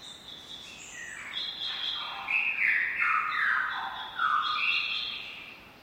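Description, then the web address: Lyrebird squawks, harsh overlapping bursts that slide and step between mid and high pitches, building louder midway and easing off at the end. Several lyrebirds squawking. "lyrebirds squaking. lyrebirds squeaking"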